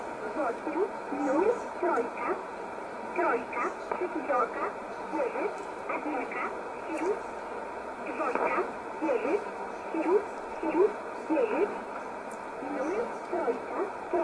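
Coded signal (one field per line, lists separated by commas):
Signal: numbers station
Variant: S11a Cherta, Russian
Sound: a voice reading words in Russian over a shortwave radio with hiss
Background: radio static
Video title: 01 06 2020 S11a Cherta Numbers station in Russian 0708 on 9339 unknown tx site in USB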